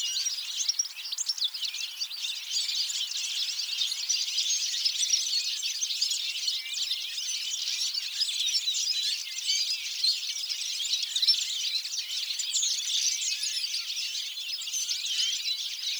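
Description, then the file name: European goldfinch song, a long unbroken run of rapid high chirps and trills, even in loudness from start to finish. "Carduelis carduelis"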